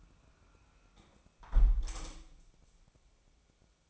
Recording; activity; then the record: daily activity, microphone in the room; close window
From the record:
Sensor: 1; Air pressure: 1000.4 hPa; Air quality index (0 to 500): 182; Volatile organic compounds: 4 ppm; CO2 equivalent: 1674 ppm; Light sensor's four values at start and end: 10/25/10/12 and 10/24/10/11